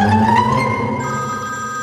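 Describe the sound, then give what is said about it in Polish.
An electronic mobile phone ringtone plays alone, steady sustained tones with bright high harmonics, a pitch shift partway through, and a moderate, even loudness. “A, nie przeczytałam na ekranie, bo mnie zaskoczyło, że dzwoni.”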